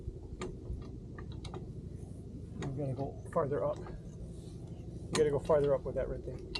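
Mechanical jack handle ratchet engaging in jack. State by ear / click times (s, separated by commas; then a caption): not seated / none. While a shed footing is being adjusted, a helper works the lever of a non-hydraulic mechanical jack upward, aiming to raise it all the way until its ratchet clicks into place. Short faint ticks come at about 0.4 s and between 1.2 and 1.5 s, and someone talks over the handling. Nothing has clicked or seated yet.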